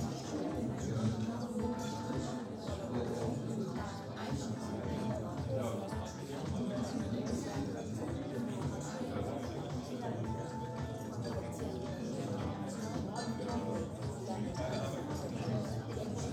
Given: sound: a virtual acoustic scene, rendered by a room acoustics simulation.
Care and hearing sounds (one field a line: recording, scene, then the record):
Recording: noise of the scene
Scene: pub, with ISTS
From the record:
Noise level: 74 dB SPL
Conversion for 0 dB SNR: 1.6 dB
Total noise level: 75.6 dB SPL